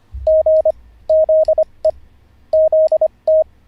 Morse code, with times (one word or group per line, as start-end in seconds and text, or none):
0.3-0.7 G
1.1-1.9 ZE
2.5-3.4 ZT